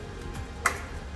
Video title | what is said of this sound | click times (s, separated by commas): Speed Build: Can This PC Be Built in Under 20 Minutes? | there you go now that i hear the click on both of those i know that it's right | 0.7 s